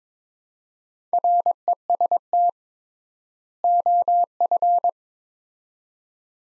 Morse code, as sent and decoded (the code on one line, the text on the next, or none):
.-. . ... - / --- ..-.
REST OF